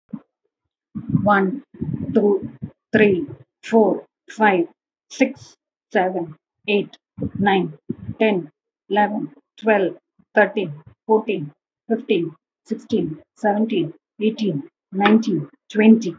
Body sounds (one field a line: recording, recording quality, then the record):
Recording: counting at a normal pace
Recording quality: moderate, slight background noise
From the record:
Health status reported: healthy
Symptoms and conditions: none ticked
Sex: female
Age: 56 years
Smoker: not ticked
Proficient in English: yes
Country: India